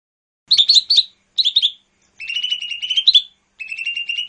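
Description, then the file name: Leafbird producing rapid, stuttering high chirps in short bursts, then longer fast twittering trills on a steady pitch. "cucak hijau mini. omkicau"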